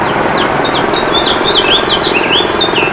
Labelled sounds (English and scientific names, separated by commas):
House Finch (Haemorhous mexicanus) song